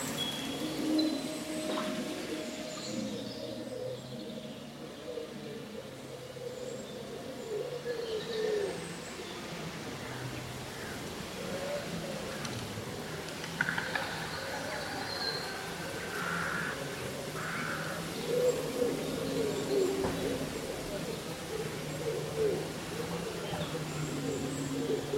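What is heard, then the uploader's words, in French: Leaves rustle in a steady, dense bed of sound while local birds call throughout. Low cooing, dove-like phrases repeat under the rustling, and brighter chirps and short whistles break through now and then, most clearly around fourteen to eighteen seconds. Vent lors d’une journée d’été : Feuilles bruissantes et chants d’oiseaux. La symphonie des feuilles qui bruissent et les mélodies des oiseaux locaux.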